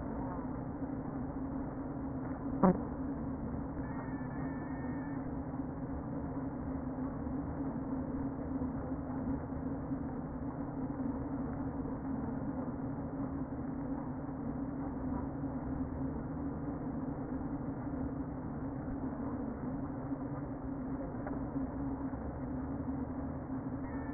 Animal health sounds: honeybee colony, microphone inside the hive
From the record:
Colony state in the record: queen present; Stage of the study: before two queens were removed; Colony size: about 60,000 bees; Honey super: yes

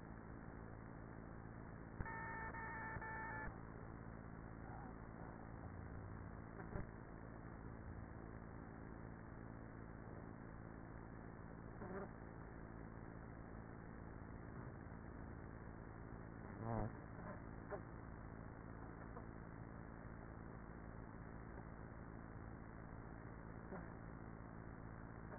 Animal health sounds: honeybee colony, microphone inside the hive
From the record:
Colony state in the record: queenless with a low population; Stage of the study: after two queens were removed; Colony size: about 30,000 bees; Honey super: no

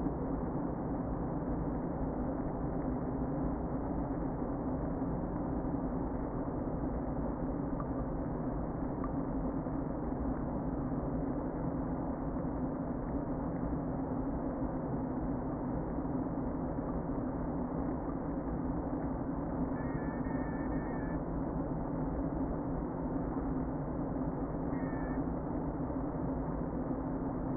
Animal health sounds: honeybee colony, microphone inside the hive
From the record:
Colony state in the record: queen present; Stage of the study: before two queens were removed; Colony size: about 60,000 bees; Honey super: yes

